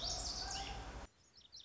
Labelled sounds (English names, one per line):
Lazuli Bunting